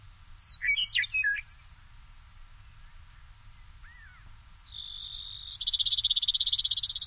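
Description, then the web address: Brewer's sparrow: a few sharp, varied chirps, then later a high steady buzz running into a rapid, evenly pulsed trill. Common species of western North America. "Songs of Birds of North America Know Your Bird Sounds Common Western Species. Brewers Sparrow"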